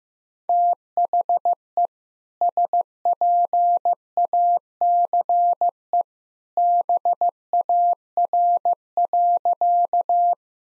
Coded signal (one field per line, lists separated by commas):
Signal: Morse code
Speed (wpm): 15 wpm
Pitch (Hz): 700 Hz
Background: none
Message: THE SPACE BAR.